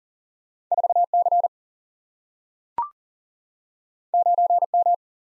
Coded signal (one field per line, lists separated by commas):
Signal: Morse code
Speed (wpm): 40 wpm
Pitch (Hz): 700 Hz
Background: none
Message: 4 C 9 M